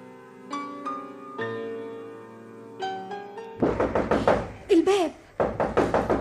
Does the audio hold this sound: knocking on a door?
yes